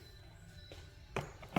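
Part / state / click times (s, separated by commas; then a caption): engine component on the right-side case of an ATV motor / not seated / none. An engine component on the right-side case of a TRX250R ATV motor is handled during the last step of the right-side engine assembly, possibly around the clutch basket area. Faint steady tones sit under low rumble, then two short metallic knocks land near 1.2 s and 1.6 s. Nothing has seated or locked into place yet.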